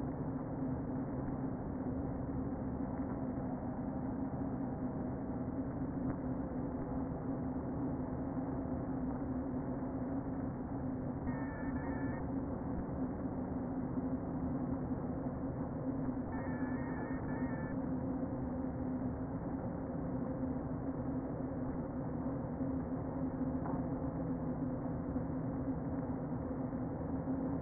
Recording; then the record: honeybee colony, microphone inside the hive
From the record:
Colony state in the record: queen present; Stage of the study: before two queens were removed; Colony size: about 60,000 bees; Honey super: yes